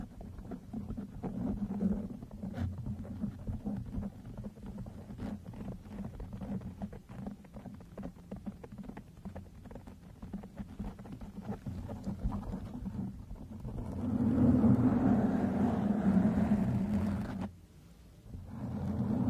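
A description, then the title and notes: Brushing, scratching and stroking on a microphone make a steady low rumble peppered with quick dry ticks and scrapes. Around 14 seconds the rubbing grows louder and rougher for a few seconds, then cuts out abruptly near 17.5 seconds before resuming softly. MICROPHONE BRUSHING, SCRATHCHING & STROKING.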